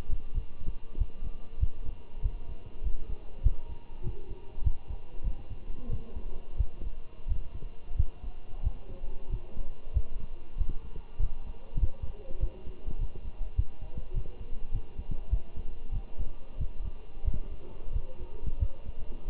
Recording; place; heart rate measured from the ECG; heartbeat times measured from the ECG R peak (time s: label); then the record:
heart sounds by stethoscope; between the tricuspid and mitral areas; 95 bpm
0.35 s: heartbeat
0.98 s: heartbeat
1.61 s: heartbeat
2.23 s: heartbeat
2.84 s: heartbeat
3.44 s: heartbeat
4.04 s: heartbeat
4.64 s: heartbeat
5.24 s: heartbeat
5.90 s: heartbeat
6.58 s: heartbeat
7.29 s: heartbeat
7.97 s: heartbeat
8.64 s: heartbeat
9.30 s: heartbeat
9.94 s: heartbeat
10.58 s: heartbeat
11.20 s: heartbeat
11.81 s: heartbeat
12.41 s: heartbeat
12.99 s: heartbeat
13.57 s: heartbeat
14.15 s: heartbeat
14.73 s: heartbeat
15.31 s: heartbeat
15.93 s: heartbeat
16.59 s: heartbeat
17.25 s: heartbeat
17.93 s: heartbeat
18.60 s: heartbeat
19.28 s: heartbeat
From the record:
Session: walking at 3.7 km/h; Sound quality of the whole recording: good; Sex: male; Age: 23 years